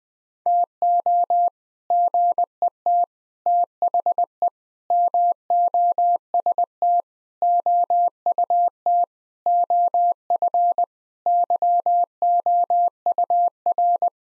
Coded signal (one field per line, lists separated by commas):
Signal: Morse code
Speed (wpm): 20 wpm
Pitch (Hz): 700 Hz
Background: none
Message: TO GET THE MOST OUT OF YOUR